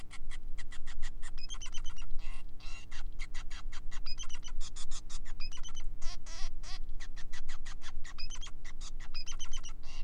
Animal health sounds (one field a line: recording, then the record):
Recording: song of a male Bengalese finch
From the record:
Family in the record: son of father 5